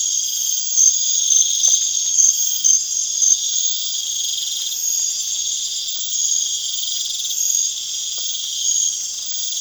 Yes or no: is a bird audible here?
no